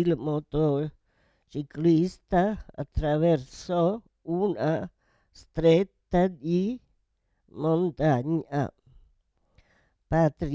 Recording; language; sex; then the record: read phrases; Italian; female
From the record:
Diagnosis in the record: Parkinson's disease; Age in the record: 78 years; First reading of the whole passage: 164 s, 3.2 characters per second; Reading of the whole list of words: 108 s, 2.6 characters per second